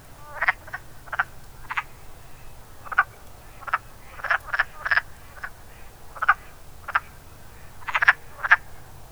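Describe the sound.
Hoarse, chuckling wood frog calls come singly and in doubled clucks, spaced irregularly against a quiet background.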